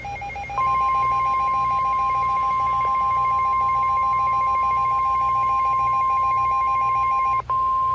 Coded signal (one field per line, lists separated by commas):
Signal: Emergency Alert System (SAME) tones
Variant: 1050 Hz attention tone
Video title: JUNE MADNESS 3: ENHANCED CHAOS || EAS Alerts from 6/17/22 || EAS 257-280